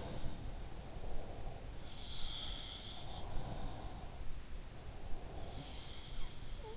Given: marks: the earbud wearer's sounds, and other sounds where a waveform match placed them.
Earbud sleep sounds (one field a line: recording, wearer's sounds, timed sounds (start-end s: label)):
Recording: sounds in sleep by an in-ear microphone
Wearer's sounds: breath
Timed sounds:
0.48-1.95 s: breath
1.25-3.50 s: sound from someone else or the room
2.84-5.90 s: breath
4.69-6.77 s: sound from someone else or the room